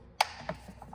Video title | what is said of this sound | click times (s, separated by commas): @BMW X5 Maintenance Part 2: Interior & Exterior Cabin Filter Replacement | and you should hear the tabs click on all four just | 0.2 s, 0.5 s